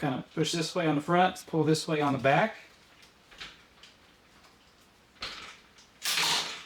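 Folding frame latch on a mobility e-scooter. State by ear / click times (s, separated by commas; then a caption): seated / 5.2 s. Someone talks while unfolding an Afreda S-8 portable three-wheel mobility e-scooter, lifting the fold latch, pushing the front one way and pulling the back the other. After a quieter stretch, the folding frame snaps down into place with a sharp click at 5.2 s, followed by a short rustle near the end. The frame is seated, with the latch meant to lock around the tube.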